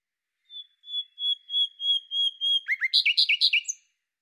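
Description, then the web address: Bird calling: a run of clear, level whistled notes about three times a second, then a burst of quick chirps, ending in a thin high note. "Deverinetal 2025"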